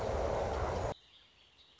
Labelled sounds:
Song Sparrow
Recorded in Sonoma County, California

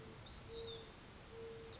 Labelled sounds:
Mourning Dove
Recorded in Sonoma County, California

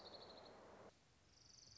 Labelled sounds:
Orange-crowned Warbler
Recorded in Sonoma County, California

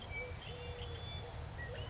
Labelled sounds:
California Quail
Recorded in Sonoma County, California

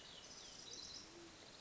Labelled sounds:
Band-tailed Pigeon
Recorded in Sonoma County, California

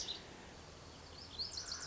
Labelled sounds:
Lazuli Bunting
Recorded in Sonoma County, California

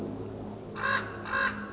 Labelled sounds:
Common Raven
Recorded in Sonoma County, California

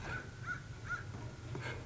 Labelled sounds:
American Crow
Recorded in Sonoma County, California

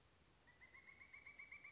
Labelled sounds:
Pileated Woodpecker
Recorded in Sonoma County, California

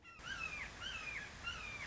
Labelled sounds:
Red-shouldered Hawk
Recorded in Sonoma County, California

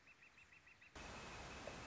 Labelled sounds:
Northern Flicker
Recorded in Sonoma County, California

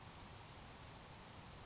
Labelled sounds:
Grasshopper Sparrow
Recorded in Sonoma County, California

